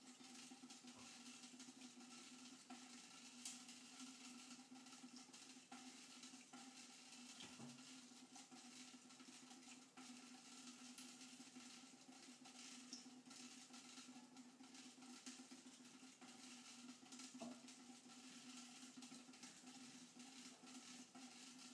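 Water drips onto tinfoil in a dense, steady patter of fine crackling ticks, bright, with a few sharper taps standing out near 3, 7.5 and 17.5 seconds. A low, constant hum runs underneath throughout.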